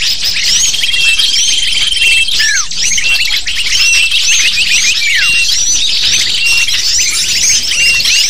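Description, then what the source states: Lovebirds calling in a crowd, shrill chirps packed tightly without pause, a sustained whistle early on and two sharp downward-swooping squeals. Lure call (pikat) to attract lovebirds.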